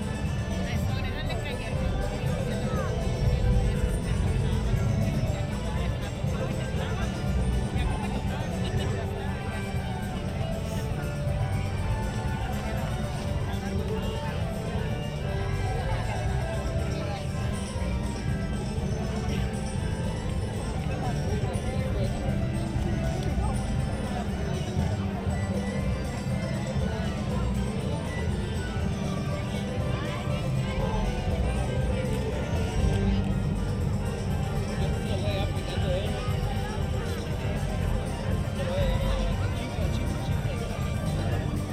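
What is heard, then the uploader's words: A parade recorded from within a dense crowd: voices murmur and chatter steadily for the whole stretch, over a low, rumbling hum like slow-moving vehicles. Faint tonal snatches of music drift through the din without ever standing out, and the overall loudness barely changes. The Main Street Electrical Parade (Disneyland) Binaural Recording.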